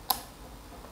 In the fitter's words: Ya, ini saya pasang extra mic-nya sampai bunyi klek, itu berarti udah ngancing dia ya.